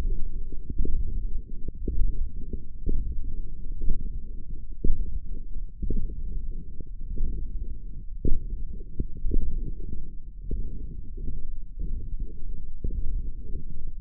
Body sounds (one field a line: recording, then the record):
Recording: forearm muscle sounds (acoustic myography)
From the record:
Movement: radial deviation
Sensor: system 1, eight BSWA MPA416 microphones around the upper forearm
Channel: 5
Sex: male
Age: 18 years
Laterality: right